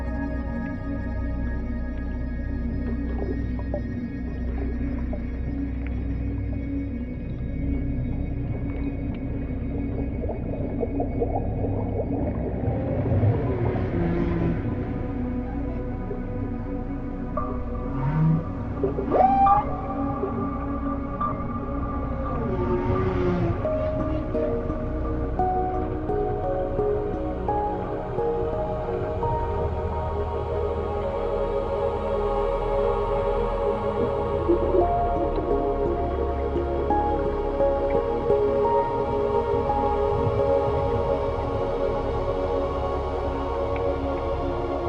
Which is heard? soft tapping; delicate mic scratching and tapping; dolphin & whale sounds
dolphin & whale sounds